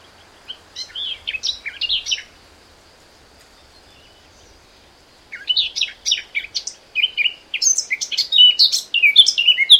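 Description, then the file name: Eurasian blackcap song in two bursts: a short scratchy warble, a pause of about three seconds, then a longer, louder warbling run ending in bright fluted notes. "Sylvia atricapilla"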